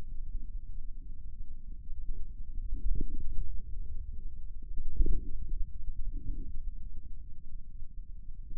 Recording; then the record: forearm muscle sounds (acoustic myography)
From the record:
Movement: inward rotation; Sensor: system 2, bracelet of six BSWA MPA416 microphones around the upper forearm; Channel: 3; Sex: male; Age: 22 years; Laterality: right